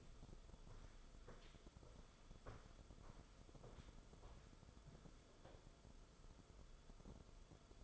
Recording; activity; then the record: daily activity, microphone in the room; walk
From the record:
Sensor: 5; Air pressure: 994.5 hPa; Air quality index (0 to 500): 177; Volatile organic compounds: 820 ppm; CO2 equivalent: 5146 ppm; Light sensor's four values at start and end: 11/28/11/12 and 11/29/11/12